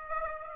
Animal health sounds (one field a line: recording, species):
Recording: mosquito wingbeat signal from an infrared sensor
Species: Aedes aegypti